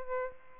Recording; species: mosquito wingbeat signal from an infrared sensor; Aedes albopictus